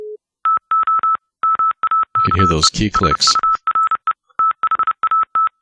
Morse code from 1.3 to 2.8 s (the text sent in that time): MAKE